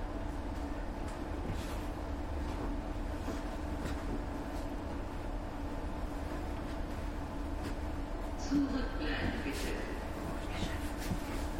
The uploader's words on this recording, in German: Klanglandschaft/Soundscape: U-Bahn in Hamburg - Fahrt bis Hallerstraße (U1). Fahrt mit der Hamburger U-Bahnlinie U1 zwischen den Haltestellen Stephansplatz und Hallerstraße.